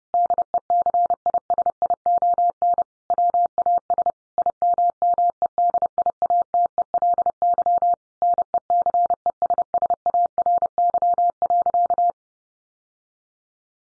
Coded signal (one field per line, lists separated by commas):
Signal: Morse code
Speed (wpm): 30 wpm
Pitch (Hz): 700 Hz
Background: none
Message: DECISION WAS IMMEDIATELY NECESSARY.